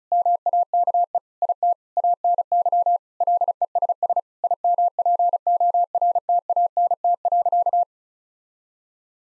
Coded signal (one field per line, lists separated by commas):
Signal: Morse code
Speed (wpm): 34 wpm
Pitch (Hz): 700 Hz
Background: none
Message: MAKE IT ANY LESS IMPORTANT.